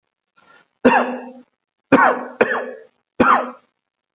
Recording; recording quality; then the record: heavy voluntary cough; excellent, no background noise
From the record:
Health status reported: healthy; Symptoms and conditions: none ticked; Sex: male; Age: 37 years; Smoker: yes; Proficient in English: yes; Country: India